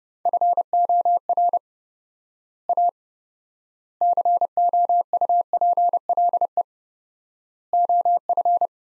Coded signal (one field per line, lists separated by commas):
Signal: Morse code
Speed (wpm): 30 wpm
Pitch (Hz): 700 Hz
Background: none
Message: FOR A COUPLE OF